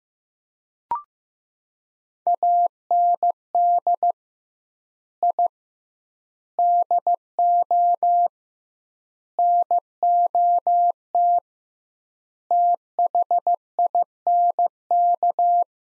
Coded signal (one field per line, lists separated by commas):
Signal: Morse code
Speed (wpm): 15 wpm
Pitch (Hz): 700 Hz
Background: none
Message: AND I DO NOT THINK